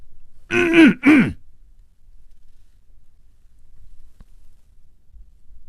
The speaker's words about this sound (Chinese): 他努力地鼓足了勇气，咳嗽了一声。